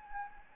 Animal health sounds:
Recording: mosquito wingbeat signal from an infrared sensor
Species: Anopheles gambiae

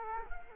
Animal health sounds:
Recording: mosquito wingbeat signal from an infrared sensor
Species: Culex quinquefasciatus

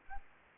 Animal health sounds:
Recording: mosquito wingbeat signal from an infrared sensor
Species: Aedes aegypti

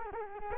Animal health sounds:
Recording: mosquito wingbeat signal from an infrared sensor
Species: Culex quinquefasciatus

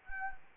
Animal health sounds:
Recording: mosquito wingbeat signal from an infrared sensor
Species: Anopheles arabiensis

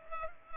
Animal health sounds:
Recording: mosquito wingbeat signal from an infrared sensor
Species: Culex pipiens

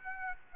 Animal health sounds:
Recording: mosquito wingbeat signal from an infrared sensor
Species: Aedes aegypti

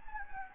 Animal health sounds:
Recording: mosquito wingbeat signal from an infrared sensor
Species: Anopheles gambiae

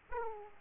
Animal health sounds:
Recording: mosquito wingbeat signal from an infrared sensor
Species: Aedes aegypti

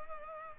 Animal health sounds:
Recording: mosquito wingbeat signal from an infrared sensor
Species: Culex pipiens

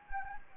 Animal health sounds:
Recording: mosquito wingbeat signal from an infrared sensor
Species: Anopheles gambiae

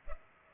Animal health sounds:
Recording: mosquito wingbeat signal from an infrared sensor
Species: Culex pipiens

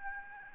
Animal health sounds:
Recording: mosquito wingbeat signal from an infrared sensor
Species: Aedes albopictus

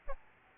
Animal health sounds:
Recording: mosquito wingbeat signal from an infrared sensor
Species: Aedes albopictus

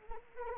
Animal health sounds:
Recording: mosquito wingbeat signal from an infrared sensor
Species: Anopheles arabiensis

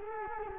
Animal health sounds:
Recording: mosquito wingbeat signal from an infrared sensor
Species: Culex quinquefasciatus

